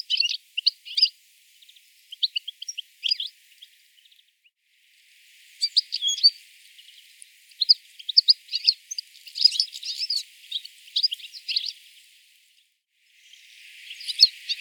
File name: Carduelis carduelis